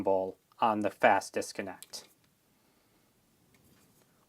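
Someone talks for the first two seconds while the Came-TV Mini-3 gimbal's yaw mount is set down and rested on the fast-disconnect (quick-disconnect) base, before it is turned clockwise to lock. Only faint, quiet handling sounds follow, with small bumps near 2.2 s and 3.5 s. Nothing has locked or clicked yet; this is only placement and handling.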